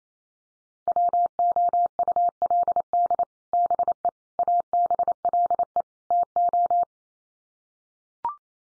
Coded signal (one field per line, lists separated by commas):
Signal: Morse code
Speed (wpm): 28 wpm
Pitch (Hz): 700 Hz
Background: none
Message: WOULD BE ABLE TO